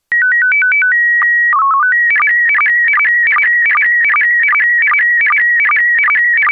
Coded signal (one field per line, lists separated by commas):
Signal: SSTV (slow-scan television)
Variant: PD 50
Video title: Daily Minutes, December 25, 2015, without the Contestia